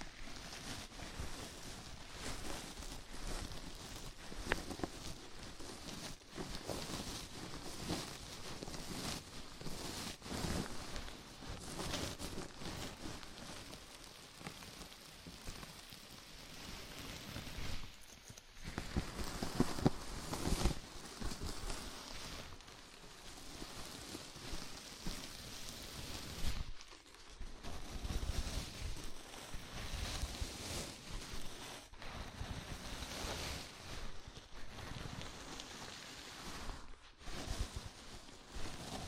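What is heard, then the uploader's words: Fingers work through hair in a scalp massage, making a dense, crackly rubbing that runs almost without a break. The scratching swells and eases in uneven strokes, with short pauses near 6, 18, 27 and 37 seconds before it resumes. ASMR Sleepy Scalp Massage (No Talking).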